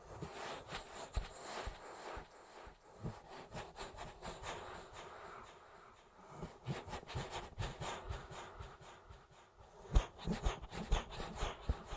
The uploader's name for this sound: Ear Massage